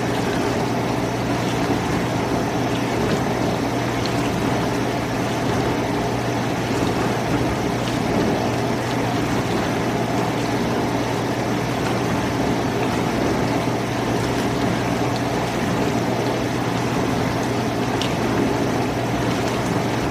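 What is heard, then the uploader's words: A dishwasher runs steadily for the whole stretch, its motor giving a constant low hum under a dense wash of churning, sloshing water. The level never changes, and only a few faint ticks and clicks surface now and then. This weeks sound is a dishwasher.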